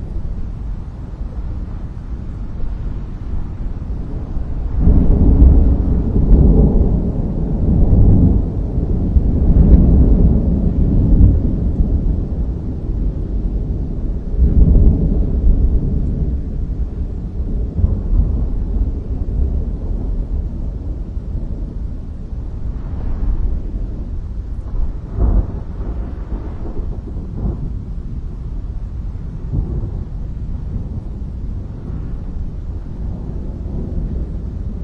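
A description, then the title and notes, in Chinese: Thunder rumbles through a mountain valley, a deep continuous roll that swells from about five to fifteen seconds before easing to a lower, steady growl. A sharp crack stands out near twenty-five seconds, and faint wind buffets the recording throughout. 深山雷声。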